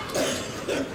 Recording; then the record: coughing mixed with background sound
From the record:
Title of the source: Residual Phlegmy Morning Coughing and Gagging